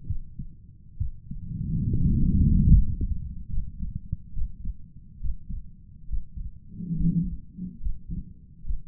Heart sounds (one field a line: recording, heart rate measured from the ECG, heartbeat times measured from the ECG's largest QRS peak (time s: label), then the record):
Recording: heart sounds by stethoscope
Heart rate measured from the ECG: 70 bpm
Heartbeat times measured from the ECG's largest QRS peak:
0.06 s: heartbeat
0.97 s: heartbeat
1.88 s: heartbeat
2.70 s: heartbeat
3.50 s: heartbeat
4.33 s: heartbeat
5.20 s: heartbeat
6.08 s: heartbeat
6.95 s: heartbeat
7.80 s: heartbeat
8.64 s: heartbeat
From the record:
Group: healthy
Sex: male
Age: 35 years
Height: 178 cm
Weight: 64 kg